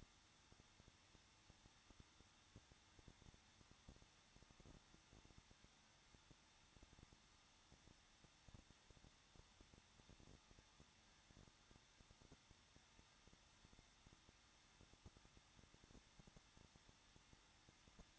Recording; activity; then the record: daily activity, microphone in the room; no activity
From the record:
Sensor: 3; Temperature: 21.2 degrees Celsius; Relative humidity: 36.4%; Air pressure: 1006.3 hPa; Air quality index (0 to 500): 223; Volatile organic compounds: 43 ppm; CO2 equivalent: 3196 ppm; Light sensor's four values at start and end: 2/3/2/2 and 2/3/2/2